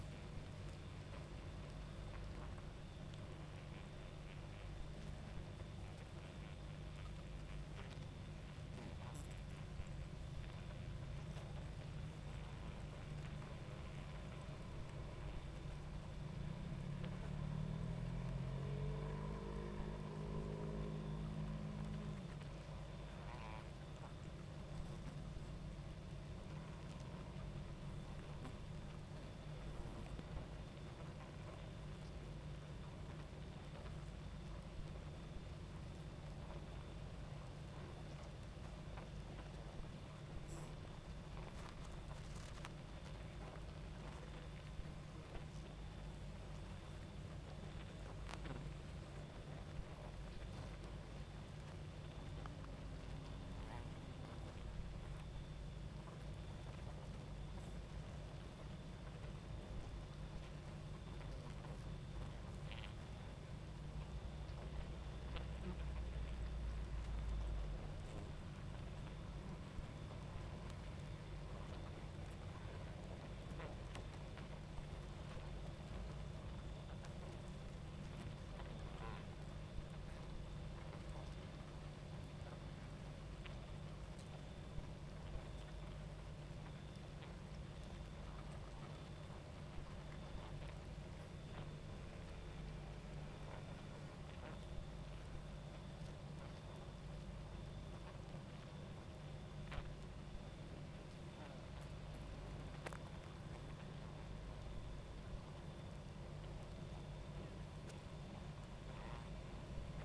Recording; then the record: honeybee colony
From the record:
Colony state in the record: active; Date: 28 July 2017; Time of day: 22:50